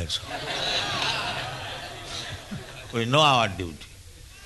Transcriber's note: laughter